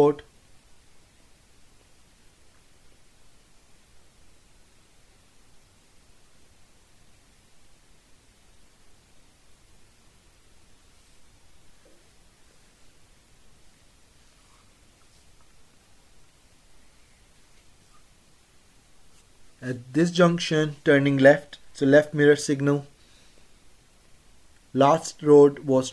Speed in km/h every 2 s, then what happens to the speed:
15, 18, 23, 23, 24, 23, 19, 16, 11, 6, 5, 10, 15.
0-4 speeds up to 23. 4-9 steady at about 23. 9-20 slows to 5. 20-26 speeds up to 15.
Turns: none.